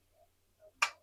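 After the pressure comes down, the metal float valve, the lid-lock pin in the lid of an electric pressure cooker, drops with a single sharp click at 0.8 s. Faint soft tones come just before it against a low steady hum. The drop unlocks the lid so it can be opened.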